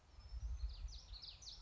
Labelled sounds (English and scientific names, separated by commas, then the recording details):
Common Yellowthroat (Geothlypis trichas)
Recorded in Sonoma County, California